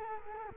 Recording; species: mosquito wingbeat signal from an infrared sensor; Culex quinquefasciatus